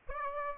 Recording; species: mosquito wingbeat signal from an infrared sensor; Aedes aegypti